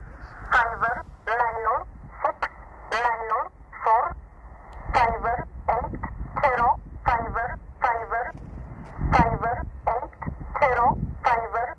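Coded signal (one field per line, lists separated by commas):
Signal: numbers station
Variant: E11 Oblique, English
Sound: a voice reading short spoken numbers at an even pace over shortwave hiss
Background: radio static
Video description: 13363 kHz USB - E11 'Oblique' Numbers Station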